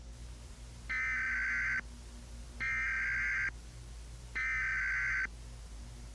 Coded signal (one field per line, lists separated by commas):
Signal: Emergency Alert System (SAME) tones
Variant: header bursts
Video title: EAS Scenario: The Portal